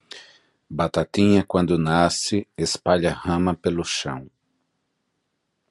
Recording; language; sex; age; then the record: short text; Brazilian Portuguese; male; 40 to 49 years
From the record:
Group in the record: control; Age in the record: 48 years